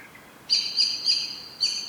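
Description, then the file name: Common blackbird calls: a thin, very high whistle given in four quick bursts. "Turdus merula"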